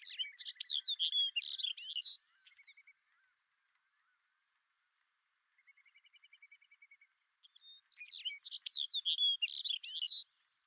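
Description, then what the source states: Lapland longspur song: two bright, jingling, twittering phrases of rapid warbled notes, separated by a pause with faint, thin buzzy trills. Recorded in Greenland.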